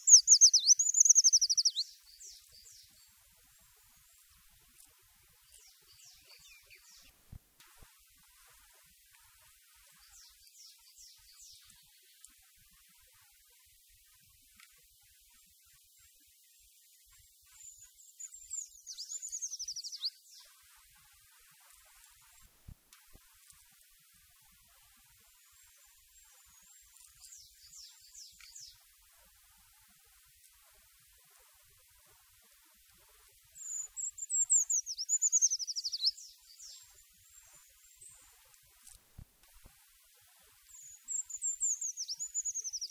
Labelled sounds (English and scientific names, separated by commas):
Eurasian Treecreeper (Certhia familiaris) song